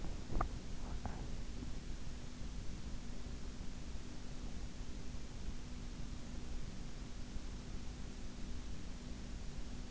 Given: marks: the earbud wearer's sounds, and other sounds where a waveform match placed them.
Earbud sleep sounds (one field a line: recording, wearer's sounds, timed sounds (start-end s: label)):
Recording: sounds in sleep by an in-ear microphone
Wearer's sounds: swallowing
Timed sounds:
0.00-1.56 s: swallowing